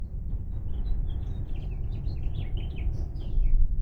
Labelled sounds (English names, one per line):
House Finch song